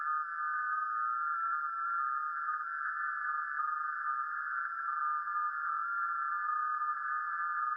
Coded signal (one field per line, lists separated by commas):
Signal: FT8